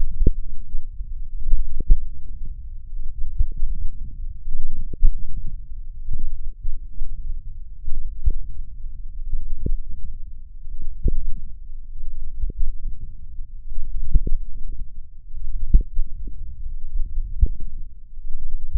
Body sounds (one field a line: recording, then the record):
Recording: forearm muscle sounds (acoustic myography)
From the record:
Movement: wrist extension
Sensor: system 1, eight BSWA MPA416 microphones around the upper forearm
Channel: 8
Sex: male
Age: 20 years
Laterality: left